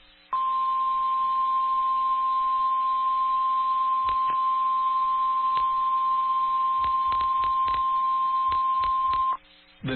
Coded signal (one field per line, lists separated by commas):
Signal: Emergency Alert System (SAME) tones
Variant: 1050 Hz attention tone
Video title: EAS#674-689 EAS alerts from September 29th to December 2nd, 2023.